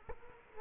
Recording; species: mosquito wingbeat signal from an infrared sensor; Culex quinquefasciatus